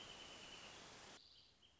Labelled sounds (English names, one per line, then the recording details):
Wrentit
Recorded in Sonoma County, California